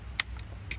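The white locking lever on a wiring harness connector, plugged onto a BMW headlight switch module, is pushed upward and clicks home at 0.2 s with a sharp, bright snap, confirming the connector is seated. A faint tick follows at about 0.4 s and a second lighter click at about 0.7 s, all over a steady low rumble.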